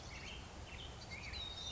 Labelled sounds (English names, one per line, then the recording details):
Black-headed Grosbeak
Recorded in Sonoma County, California